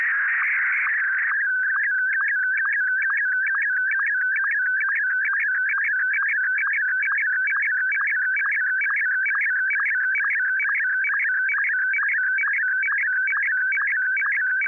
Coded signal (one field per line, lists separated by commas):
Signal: SSTV (slow-scan television)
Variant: Martin 1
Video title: SSTV with Standard Multimod VHF Base Station C5400